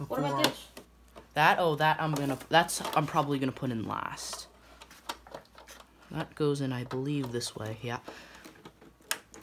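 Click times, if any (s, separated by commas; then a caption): 9.1 s. An internal ribbon or power cable connector is pushed onto the logic board header of a Macintosh IIcx while someone talks. Small handling taps and rattles are heard around 4.8 to 5.6 s. The connector then clicks in firmly at 9.1 s and is confirmed seated.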